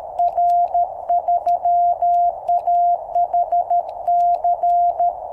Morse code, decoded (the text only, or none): R3AHC